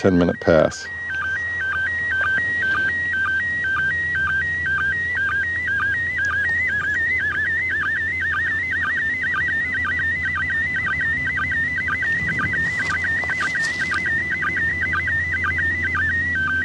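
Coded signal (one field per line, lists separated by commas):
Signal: SSTV (slow-scan television)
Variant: PD 120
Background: speech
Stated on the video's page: Live ISS SSTV pass on the 2 m downlink received with a handheld radio and a tri-band antenna.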